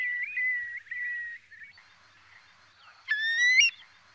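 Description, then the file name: Eurasian curlew calling, a wavering whistled note, then a clear rising whistle after a short pause. Filtered recording. "CHIURLO"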